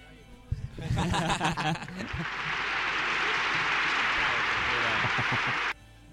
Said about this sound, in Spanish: Aplauso. Bravo.